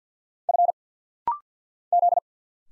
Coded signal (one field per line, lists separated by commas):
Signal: Morse code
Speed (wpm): 50 wpm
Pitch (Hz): 700 Hz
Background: none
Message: F Z